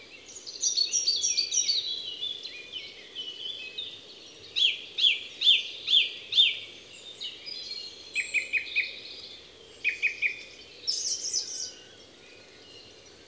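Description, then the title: Song thrush song: varied phrases, a clear note repeated five times, then other repeated-note phrases, with a low constant hum behind. Song thrush recorded at Envirhôna, Les Avenières Veyrins-Thuellin, France, with a Dodotronic stereo parabolic microphone and a Zoom H4n Pro recorder. "Envirhôna, Les Avenières Veyrins-Thuellin, France - Grive musicienne"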